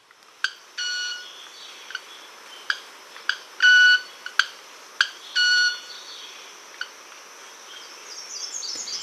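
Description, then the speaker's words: White-winged manakin wing sounds, sharp clicks mixed with a few short ringing tones, irregularly spaced. Courtship sound of a small tropical passerine, made by raising and rubbing its wings together (stridulation), not a song. "Rythme, tempo de séduction du mannequin à ailes blanches."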